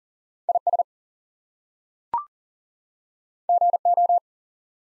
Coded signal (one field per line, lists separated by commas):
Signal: Morse code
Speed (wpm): 39 wpm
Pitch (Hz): 700 Hz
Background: none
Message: IS GO